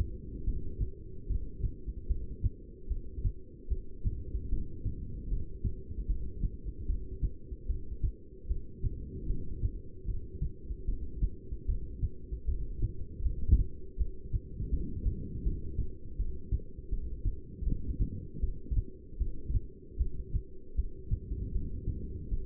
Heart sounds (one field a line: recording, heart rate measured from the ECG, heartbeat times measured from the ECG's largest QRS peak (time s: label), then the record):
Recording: heart sounds by stethoscope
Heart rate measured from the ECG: 77 bpm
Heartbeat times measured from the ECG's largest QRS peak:
0.46 s: heartbeat
1.29 s: heartbeat
2.08 s: heartbeat
2.89 s: heartbeat
3.70 s: heartbeat
4.50 s: heartbeat
5.30 s: heartbeat
6.08 s: heartbeat
6.88 s: heartbeat
7.68 s: heartbeat
8.49 s: heartbeat
9.28 s: heartbeat
10.07 s: heartbeat
10.87 s: heartbeat
11.67 s: heartbeat
12.46 s: heartbeat
13.23 s: heartbeat
13.98 s: heartbeat
14.71 s: heartbeat
15.45 s: heartbeat
16.18 s: heartbeat
16.91 s: heartbeat
17.65 s: heartbeat
18.41 s: heartbeat
19.19 s: heartbeat
19.99 s: heartbeat
20.77 s: heartbeat
21.53 s: heartbeat
22.30 s: heartbeat
From the record:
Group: heart failure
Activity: rest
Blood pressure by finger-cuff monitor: 166/104 mmHg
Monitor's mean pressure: 127 mmHg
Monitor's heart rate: 76 bpm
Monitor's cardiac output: 8 L/min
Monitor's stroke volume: 106 mL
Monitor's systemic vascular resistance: 1190 dyn s/cm5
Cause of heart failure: non-ischemic cardiomyopathy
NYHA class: 1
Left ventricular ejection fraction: 62%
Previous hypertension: present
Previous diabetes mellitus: present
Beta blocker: bisoprolol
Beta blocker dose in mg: 10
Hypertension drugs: sacubitril-valsartan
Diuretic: furosemide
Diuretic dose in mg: 20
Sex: male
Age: 49 years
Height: 167 cm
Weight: 110 kg